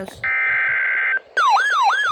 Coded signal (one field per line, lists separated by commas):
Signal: Emergency Alert System (SAME) tones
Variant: header bursts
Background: speech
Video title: | Maryland Tornado Drill | EAS's #1207-1208 |